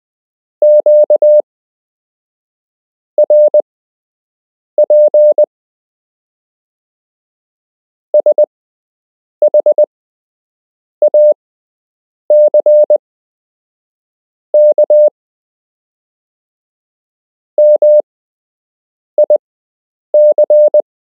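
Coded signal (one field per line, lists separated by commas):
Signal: Morse code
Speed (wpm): 20 wpm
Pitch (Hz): 600 Hz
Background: none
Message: QRP SHACK MIC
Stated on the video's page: Beginner Morse code lesson with real Morse code to learn, part of a structured lesson plan.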